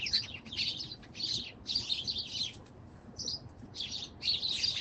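High bird chirps come in quick clustered bursts with small gaps between them.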